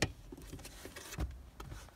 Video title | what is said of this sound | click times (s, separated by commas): Car Seat Q&A Sessions Part 3, Front passenger seat and middle back seat installation | and then the last thing to do is just to drop the leg down to the floor until it locks into place | 0.0 s